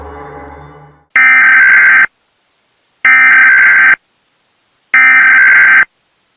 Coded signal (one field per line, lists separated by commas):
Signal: Emergency Alert System (SAME) tones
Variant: header bursts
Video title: Pinkiville EF-5: History Repeats Itself (EAS Scenario)